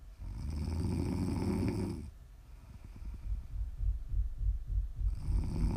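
An adult woman snores in her sleep: a loud, low, rattling snore lasts nearly two seconds, followed by a quieter fluttering breath and the start of another coarse snore. The low vibrating sound comes from the soft tissues of the throat during sleep.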